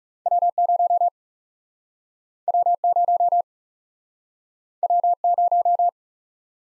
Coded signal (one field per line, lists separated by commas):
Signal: Morse code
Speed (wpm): 38 wpm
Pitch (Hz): 700 Hz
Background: none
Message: W 0 W 0 W 0